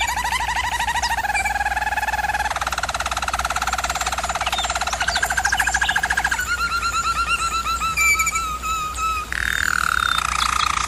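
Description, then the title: German Roller canary song of continuous trills, moving from smooth rolls to a rapid pulsed passage, then higher rolling notes, over a faint steady hum. Canary training recording of a German Roller canary singing. "German Roller Canary Singing - Canary Training Vid"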